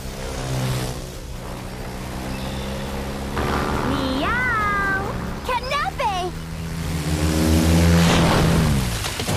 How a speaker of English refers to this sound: For a cat fight?